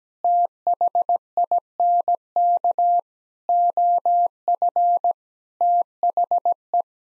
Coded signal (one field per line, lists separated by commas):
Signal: Morse code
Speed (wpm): 17 wpm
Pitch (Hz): 700 Hz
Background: none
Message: THINK OF THE